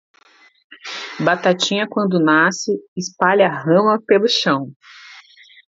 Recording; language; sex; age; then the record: short text; Brazilian Portuguese; female; 30 to 39 years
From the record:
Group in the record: control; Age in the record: 39 years